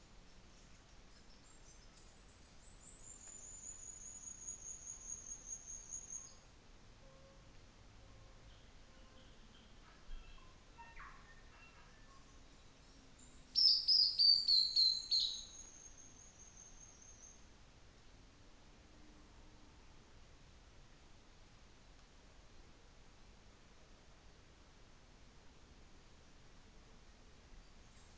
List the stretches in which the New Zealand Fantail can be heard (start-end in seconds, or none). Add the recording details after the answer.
none. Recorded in New Zealand on 24 December 2018. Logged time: 14:55